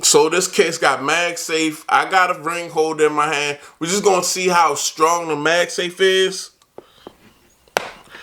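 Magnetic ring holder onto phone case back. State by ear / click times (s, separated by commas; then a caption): seated / 7.8 s. A magnetic ring holder is brought up to the MagSafe magnetic ring built into the back of a vegan-leather Cyrill Kajuk MAG case on an Apple iPhone 16 Pro. Someone talks for most of the clip, then after a few faint taps the holder snaps onto the case back with a sharp click at 7.8 seconds. It seats firmly and holds strongly.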